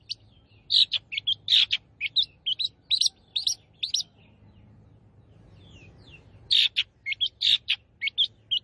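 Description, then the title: Long-tailed shrike song in two bursts of rapid, rich chirps and squeaky whistles, separated by a pause of soft background hiss. Long-tailed shrike singing lively, in the style called gacor. "Cendet Gacor"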